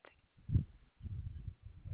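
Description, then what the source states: Koala bellow: deep, rough grunting pulses in a low register, one stronger burst near the start followed by a long rumbling run of snore-like pulses. Recorded 27 April 2021 at 10:12 PM.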